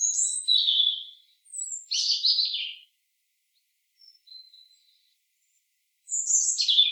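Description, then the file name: European robin song, thin high whistles and quick tinkling trills, a quiet gap with a faint note, then another sharp descending phrase. "Erithacus rubecula"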